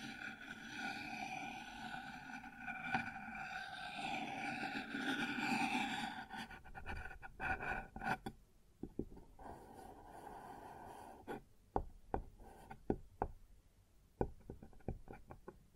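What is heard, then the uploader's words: Sounds on a wooden surface: for the first six seconds a dense, steady rubbing or scraping fills the low and middle range. After that it breaks into scattered sharp knocks and taps, irregular and spaced apart, continuing to the end over a faint hush. ASMR Sounds on Wooden Surface (No Talking).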